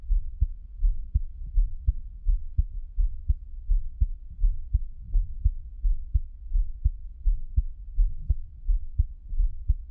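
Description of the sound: Soft, dull low thumps repeat steadily at about 85 beats a minute over a faint low hum, each beat heard as a close pair of sounds. This is a regular adult heartbeat heard close to the body, with no talking.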